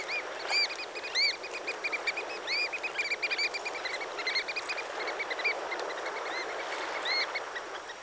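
Birds calling: many short arched notes repeating and overlapping, with steady background hiss.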